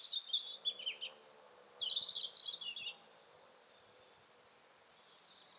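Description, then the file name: European robin singing brief high, twittering phrases, two quick bursts in the first three seconds, then near quiet with a faint low hum. "Erithacus rubecula"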